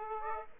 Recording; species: mosquito wingbeat signal from an infrared sensor; Aedes aegypti